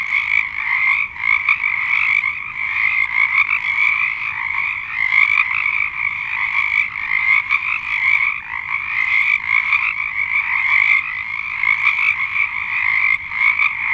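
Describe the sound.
Frog chorus, many callers producing a constant pulsing croak.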